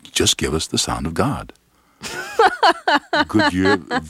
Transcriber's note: soundbite of laughter